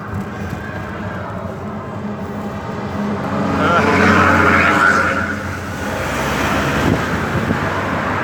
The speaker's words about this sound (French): Je suis en train de pédaler, donc il y a beaucoup de voitures. Et ça va klaxonner forcément, parce que ça klaxonne beaucoup ici.